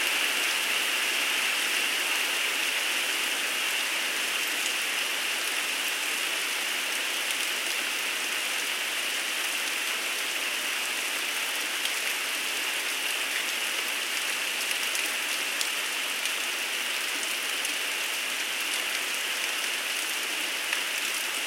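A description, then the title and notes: A summer rainstorm hisses steadily, a dense even wash of falling rain that sits mostly in the bright upper range with almost no low rumble. Faint individual drops tick through it, and the level holds constant across the whole stretch. Light & Heavy Rain on a Summer Morning.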